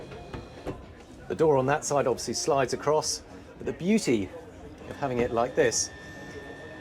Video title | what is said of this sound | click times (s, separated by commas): Ferretti 580 yacht tour - Brand new model with an owner's cabin to die for - Motor Boat & Yachting | and locks into place up there. | 0.3 s